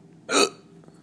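A dog named Nookiedog hiccuping: a single short, sharp hiccup with a broadband burst.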